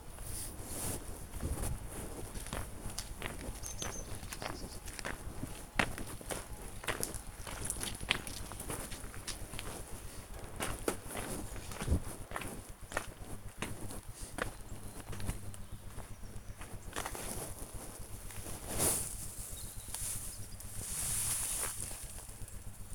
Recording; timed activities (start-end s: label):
household activities, microphone on the right wrist
0.00-22.15 s: working in the garden